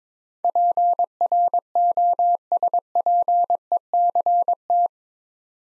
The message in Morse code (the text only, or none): PROSPECT